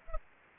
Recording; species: mosquito wingbeat signal from an infrared sensor; Anopheles arabiensis